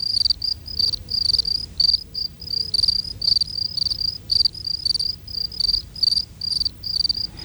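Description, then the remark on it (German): Three field crickets chirp steadily in high-pitched pulses. The one sitting in the shade sings slower than the other two, which sit in warm midday sunlight, their rhythms overlapping over a low background rumble. “Die eine Feldgrille singt langsamer als die beiden anderen.”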